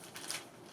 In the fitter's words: 然後確保已完全扣緊在那兒。然後就是這樣。